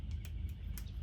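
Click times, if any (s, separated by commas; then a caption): 0.8 s. A toolless part is pushed back into the body of a Planet Eclipse CS3 Pro paintball marker over a steady low background rumble, with a few faint ticks around 0.1, 0.3 and 0.5 seconds. A sharp, bright snap at 0.8 seconds marks the part seating back into its proper place.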